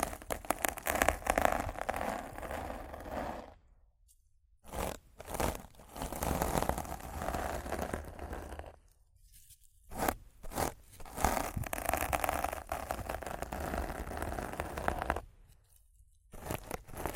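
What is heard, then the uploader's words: Rough scratching and brushing on a microphone, a dense crackling scrape that fills the sound from deep rumble to bright hiss. It comes in bursts of several seconds, broken by short near-silent gaps around 4, 9 and 15 seconds. ASMR Rough Mic Scratching & Brushing (No Talking).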